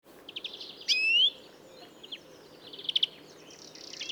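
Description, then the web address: European greenfinch call: a loud, clear rising note lasting about half a second, with scattered soft chirps before it and a quick burst of twittering notes near the end. "SETE data Chloris chloris"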